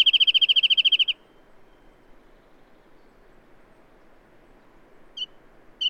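Bird song: a rapid trill of repeated notes for about a second, long silence, then two isolated chirps near the end.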